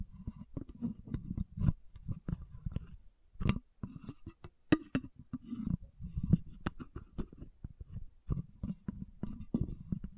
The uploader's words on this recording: ASMR 10 Lid Sounds & Bottle Tapping, Scratching for Sleep 1Hr (No Talking).